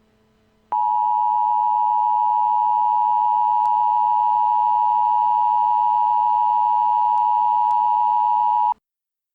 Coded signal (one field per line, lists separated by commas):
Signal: Emergency Alert System (SAME) tones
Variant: 853 and 960 Hz attention tone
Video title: Eas Scenario: Shadow demons 3 Rebellion